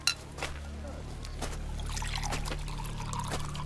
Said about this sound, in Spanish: La nubia sirve agua a sus amigos.